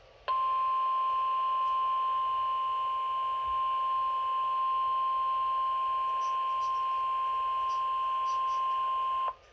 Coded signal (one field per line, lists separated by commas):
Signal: Emergency Alert System (SAME) tones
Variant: 1050 Hz attention tone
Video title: Severe Thunderstorm Warning (EAS #50)